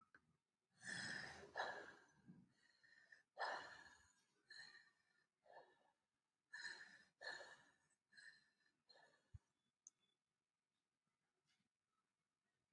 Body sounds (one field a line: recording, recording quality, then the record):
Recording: shallow breathing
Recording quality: excellent, no background noise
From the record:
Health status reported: healthy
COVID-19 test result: not tested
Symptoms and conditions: hypertension, diabetes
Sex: male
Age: 62 years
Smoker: not ticked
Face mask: not worn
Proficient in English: yes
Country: India